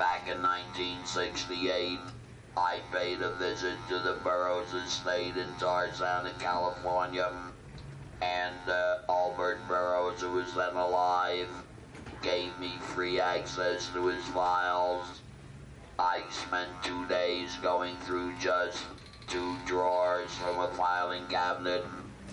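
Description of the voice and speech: An adult man talks fluently in phrases with short pauses. His voice is a flat, steady, mechanical buzz that barely changes pitch and sounds like it is from outer space. This is electrolarynx speech: a handheld device supplies the voice in place of the larynx, which gives the robotic, monotone sound.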